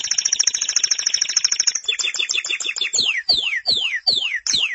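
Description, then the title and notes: Canary song: a rapid high trill, then choppy notes, ending in a series of sharply descending swept whistles about three per second. "BM Suara Kenari. BM Suara Burung Kenari"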